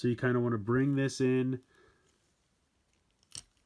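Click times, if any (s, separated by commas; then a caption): 3.4 s. Someone talks for about the first 1.6 seconds while handling a Transformers Siege Deluxe Class Spinister toy, then a notch on its arm is pushed onto a plastic tab on the body. After a quiet pause, a short, sharp click sounds at 3.4 seconds, but the arm notch is not fully seated and sits a little cockeyed.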